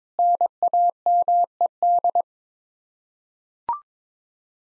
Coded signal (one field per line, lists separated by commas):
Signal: Morse code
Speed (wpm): 22 wpm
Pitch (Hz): 700 Hz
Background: none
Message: NAMED